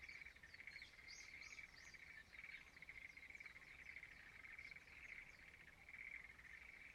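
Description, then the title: Frogs in chorus, a dense, steady pulsing trill rising and falling in loudness, with quick higher chirps scattered above throughout. Frogs singing in a rice field at dawn in Izumo, Shimane Prefecture, Japan. "Frog singing in the rice field Izumo"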